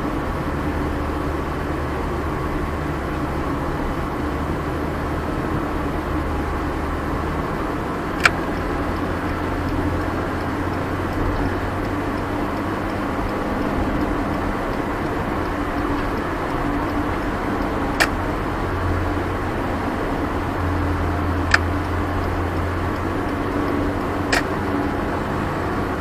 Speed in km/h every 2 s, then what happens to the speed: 56, 55, 56, 57, 62, 64, 69, 72, 72, 71, 70, 69, 69.
0-7 steady at about 56. 7-14 speeds up to 72. 14-26 steady at about 70.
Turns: none.